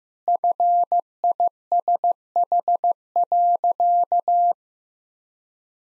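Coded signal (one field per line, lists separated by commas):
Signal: Morse code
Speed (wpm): 15 wpm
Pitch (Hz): 700 Hz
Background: none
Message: FISH.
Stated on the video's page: Morse practice of easy sentences with contextual hints at 15 wpm.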